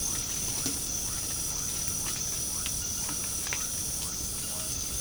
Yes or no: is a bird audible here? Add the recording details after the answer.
no. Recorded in pastures near Puerto Asís, Putumayo, Colombia, on 21 March 2025 at 23:30. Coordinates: 0.497, -76.327. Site G072